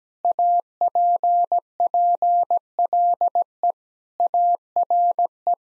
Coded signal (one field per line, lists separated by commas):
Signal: Morse code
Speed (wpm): 17 wpm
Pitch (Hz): 700 Hz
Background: none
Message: APPLE ARE